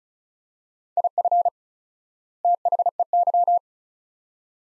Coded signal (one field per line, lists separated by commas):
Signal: Morse code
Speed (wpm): 36 wpm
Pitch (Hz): 700 Hz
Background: none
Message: IF THEY